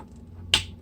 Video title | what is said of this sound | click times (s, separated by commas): Chuck's Reviews Masters of the Universe Origins Buzzsaw Hordak | pop it off the joint just like that. | 0.5 s